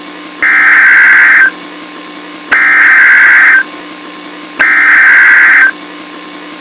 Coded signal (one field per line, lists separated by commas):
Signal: Emergency Alert System (SAME) tones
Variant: header bursts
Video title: EAS Scenario: Everybody's Fear Part 3 (The Finale)